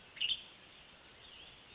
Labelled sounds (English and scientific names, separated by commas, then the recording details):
Western Tanager (Piranga ludoviciana)
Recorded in Sonoma County, California